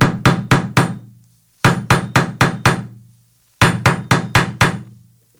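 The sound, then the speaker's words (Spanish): Three bursts of knocking on a wooden door at about 4 in the morning, while still dark, by three police officers, each a quick run of five sharp raps with a hollow, resonant thud, separated by brief pauses. Loud and alone, no voices. “A la hora en la que empiezan a sonar las campanadas, tocaron a la puerta.”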